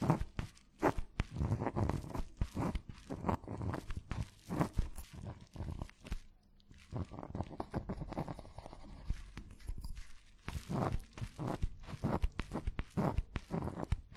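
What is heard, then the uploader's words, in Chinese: Dry scratching and tapping from a pen or pencil moving on paper, in quick, irregular strokes that nearly never stop. Brief pauses come around six seconds and again near ten. Bright, crisp scrapes sit over soft low thumps from the hand and desk. 写字、画画。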